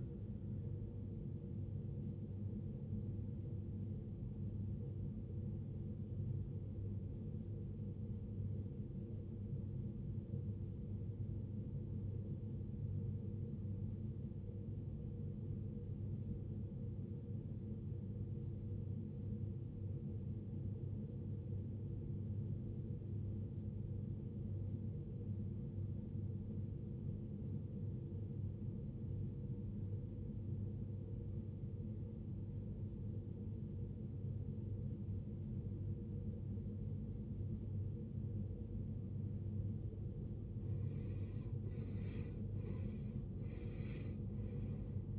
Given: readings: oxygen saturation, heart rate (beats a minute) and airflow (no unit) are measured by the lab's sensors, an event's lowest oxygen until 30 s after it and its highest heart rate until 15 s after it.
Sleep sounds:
breathing in sleep by a smartphone at the bedside; 1
5.00-40.20 s: obstructive apnea (N1, oxygen 95% highest, then 79% lowest, heart rate 64 at the start, 75 highest)
From the record:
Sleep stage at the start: N1 (lightest sleep); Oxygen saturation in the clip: 83 to 95%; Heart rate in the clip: 60 to 75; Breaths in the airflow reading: 2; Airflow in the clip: -18.2 to 19.4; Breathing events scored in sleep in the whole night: 389 in 6.3 hours asleep

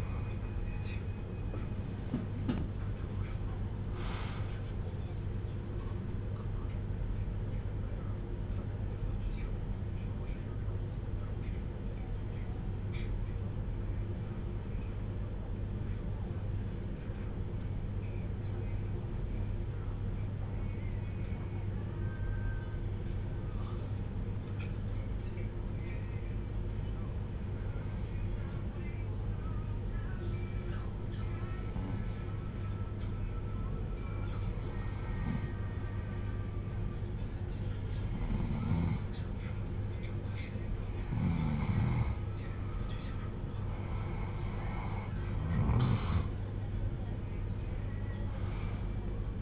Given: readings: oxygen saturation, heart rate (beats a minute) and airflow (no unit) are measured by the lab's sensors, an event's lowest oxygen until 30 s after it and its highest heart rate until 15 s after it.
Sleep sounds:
breathing in sleep by a smartphone at the bedside; 1
8.00-44.10 s: hypopnea (N1, oxygen 97% highest, then 89% lowest)
16.00-49.42 s: new sleep stage, N2 (light sleep)
From the record:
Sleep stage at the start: N1 (lightest sleep); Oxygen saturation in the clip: 88 to 97%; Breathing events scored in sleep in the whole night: 310 in 8.1 hours asleep

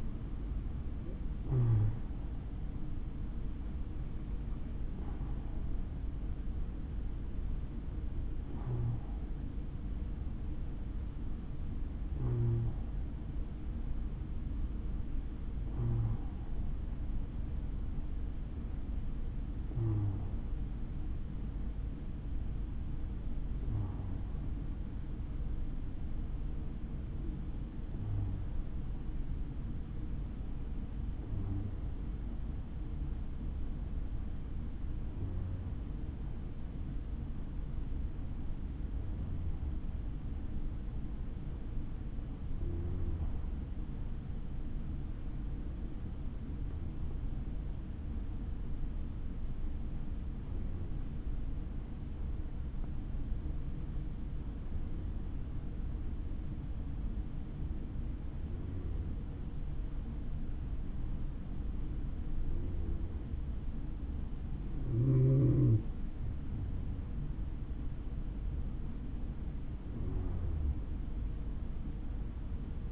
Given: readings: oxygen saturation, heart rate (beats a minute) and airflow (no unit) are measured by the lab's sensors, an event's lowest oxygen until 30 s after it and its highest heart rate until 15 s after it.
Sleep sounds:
breathing in sleep by a smartphone at the bedside; 1
21.00-67.40 s: hypopnea (N2, oxygen 95% highest, then 92% lowest, heart rate 70 at the start, 71 highest)
From the record:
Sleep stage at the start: N2 (light sleep); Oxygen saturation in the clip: 85 to 95%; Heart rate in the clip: 62 to 81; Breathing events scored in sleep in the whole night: 160 in 9.3 hours asleep

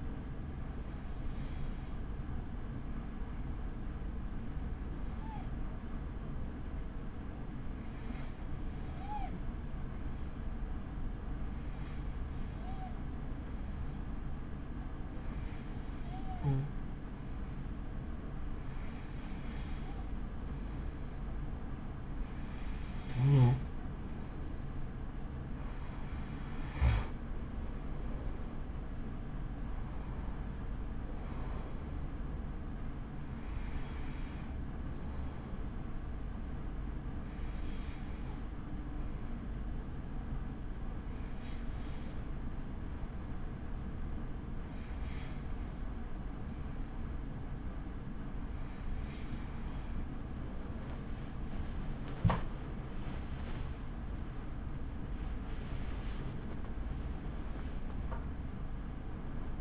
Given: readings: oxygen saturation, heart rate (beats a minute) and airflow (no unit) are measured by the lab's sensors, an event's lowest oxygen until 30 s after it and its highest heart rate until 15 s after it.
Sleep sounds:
breathing in sleep by a smartphone at the bedside; 1
37.00-54.80 s: hypopnea (N2, oxygen 94% highest, then 94% lowest)
49.00-59.61 s: new sleep stage, N1 (lightest sleep)
From the record:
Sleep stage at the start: N2 (light sleep); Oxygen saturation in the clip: 93 to 95%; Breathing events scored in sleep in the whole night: 83 in 6.1 hours asleep

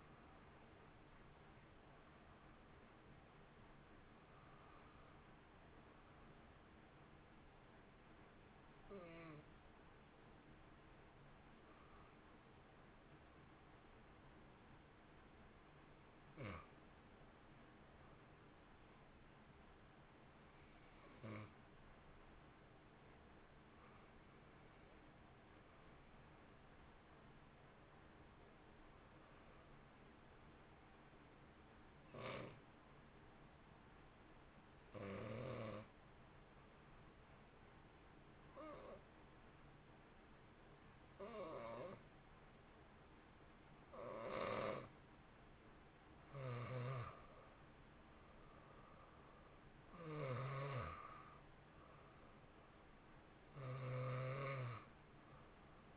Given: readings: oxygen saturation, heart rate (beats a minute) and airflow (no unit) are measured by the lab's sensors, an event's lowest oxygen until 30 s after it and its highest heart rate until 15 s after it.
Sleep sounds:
breathing in sleep by a voice recorder at the bedside; 1
30.00-47.10 s: hypopnea (N1, oxygen 93% highest, then 88% lowest, heart rate 60 at the start, 64 highest)
From the record:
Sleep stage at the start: N1 (lightest sleep); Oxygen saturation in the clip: 83 to 93%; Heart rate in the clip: 55 to 70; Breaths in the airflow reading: 16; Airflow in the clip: -2.2 to 2.1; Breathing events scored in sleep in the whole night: 328 in 6.3 hours asleep

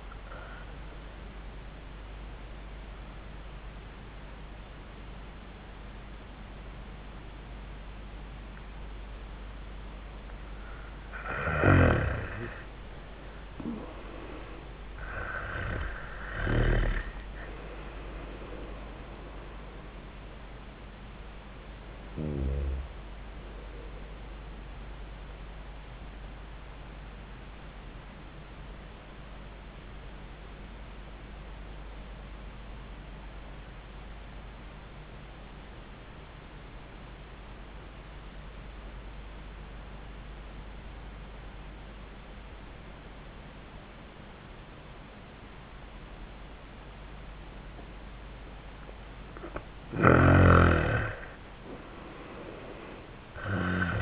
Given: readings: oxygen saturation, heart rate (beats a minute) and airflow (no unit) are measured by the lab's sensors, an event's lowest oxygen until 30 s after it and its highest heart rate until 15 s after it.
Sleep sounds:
breathing in sleep by a voice recorder at the bedside; 2
3.00-17.60 s: hypopnea (N1, oxygen 93% highest, then 87% lowest, heart rate 77 at the start, 94 highest)
29.00-48.70 s: obstructive apnea (N1, oxygen 98% highest, then 84% lowest, heart rate 76 at the start, 91 highest)
From the record:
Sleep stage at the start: N1 (lightest sleep); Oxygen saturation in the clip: 87 to 98%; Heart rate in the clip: 76 to 94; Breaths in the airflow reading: 4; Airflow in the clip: -21.1 to 15.6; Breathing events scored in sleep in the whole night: 400 in 8.7 hours asleep

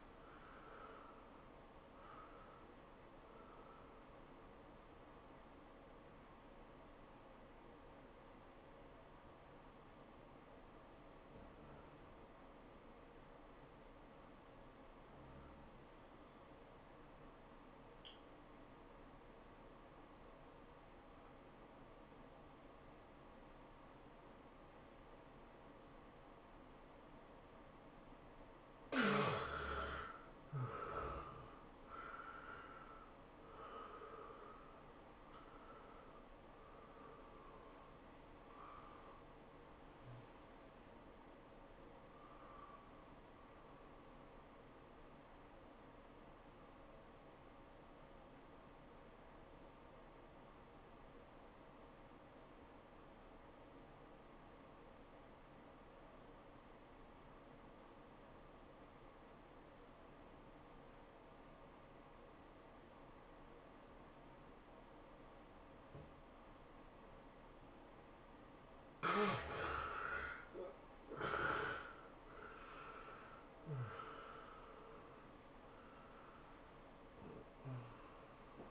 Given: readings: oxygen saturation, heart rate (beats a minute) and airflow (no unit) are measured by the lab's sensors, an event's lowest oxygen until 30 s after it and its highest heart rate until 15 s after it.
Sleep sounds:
breathing in sleep by a voice recorder at the bedside; 2
3.00-28.50 s: hypopnea (N1, oxygen 94% highest, then 77% lowest, heart rate 105 at the start, 105 highest)
54.00-69.60 s: obstructive apnea (N1, oxygen 98% highest, then 76% lowest, heart rate 98 at the start, 104 highest)
From the record:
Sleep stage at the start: N1 (lightest sleep); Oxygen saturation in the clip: 75 to 98%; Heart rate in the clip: 78 to 107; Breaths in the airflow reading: 9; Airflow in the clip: -14.7 to 13.9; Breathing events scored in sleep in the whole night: 403 in 5.5 hours asleep

